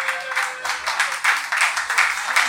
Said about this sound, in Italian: un applauso